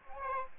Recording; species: mosquito wingbeat signal from an infrared sensor; Aedes aegypti